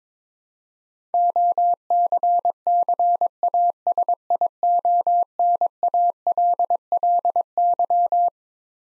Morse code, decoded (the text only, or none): OCCASIONALLY